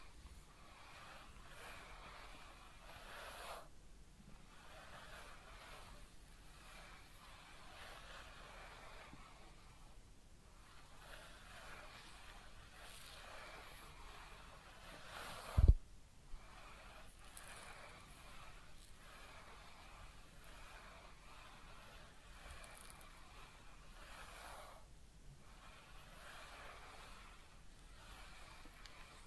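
A real head massage and ear cleaning: soft, continuous rustling and scratching with gentle rhythmic swells, over a steady low hum like passing traffic. Around the fifteen-second mark a single sharp knock stands out, followed by a faint smaller tap.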